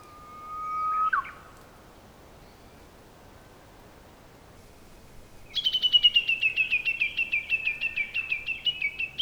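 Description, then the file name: Common nightingale song: a pure, slowly swelling whistle, a pause, then a fast, loud rattle of many repeated high notes lasting several seconds. "nightingale 2019 dec robert knoth und antoinette de jong"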